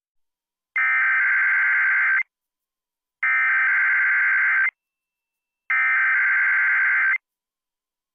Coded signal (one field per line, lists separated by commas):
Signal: Emergency Alert System (SAME) tones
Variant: header bursts